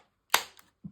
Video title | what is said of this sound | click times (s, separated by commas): Retrofighters Brawler 64 & N64 Trident Controller Comparison | putting that memory card or a memory card into here it's a very definite click | 0.3 s